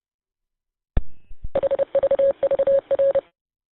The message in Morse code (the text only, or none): HVVR